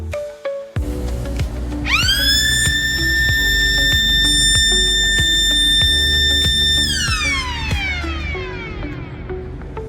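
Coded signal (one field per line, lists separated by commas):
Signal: siren signal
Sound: a siren rises to a steady high wail, holds about five seconds, then winds down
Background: street noise, clicks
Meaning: It is one o'clock; time to set watches and clocks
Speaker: കണ്ണും കാതും കൂർപ്പിച്ച് ഞാൻ ഇതിന്റെ സൈറന് വേണ്ടി വെയിറ്റ് ചെയ്തിരുന്നു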